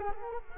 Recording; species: mosquito wingbeat signal from an infrared sensor; Culex quinquefasciatus